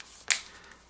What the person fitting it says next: Snaps into place.